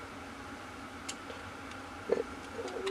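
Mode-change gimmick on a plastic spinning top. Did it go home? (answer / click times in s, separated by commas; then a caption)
no / none. Someone works the mode-change gimmick on a plastic Beyblade Burst Switch Strike Spryzen Requiem S3 spinning top (D44/TB07 Balance Type starter pack), trying again to set it to left-spin mode. Small faint ticks come at about 1.1, 2.1 and 2.9 seconds over a steady background hum. The switch won't stay locked, nothing has seated or clicked into place yet, and the gimmick seems broken.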